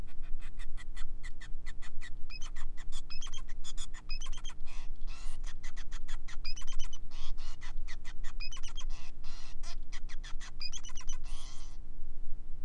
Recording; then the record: song of a male Bengalese finch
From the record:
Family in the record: son of father 5